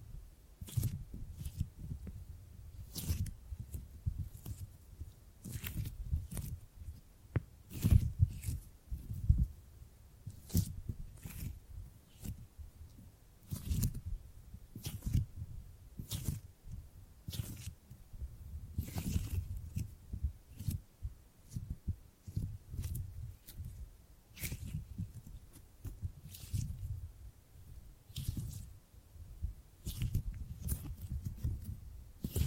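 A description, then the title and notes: Hands gripping and grabbing, heard as a steady run of short, dull thumps and squeezes, a new one arriving roughly every second. Most grabs carry a deep, muffled body, and many end in a brief bright rustle or scrape. ASMR Brain Tingly Gripping and Grabbing Sounds for Sleep (No Talking).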